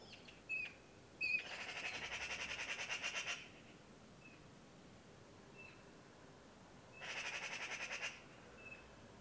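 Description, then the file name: Eurasian magpie chattering: two dry, rapid rattles of harsh notes lasting about two seconds and one second, with scattered short single notes before, between and after them. "Pica pica"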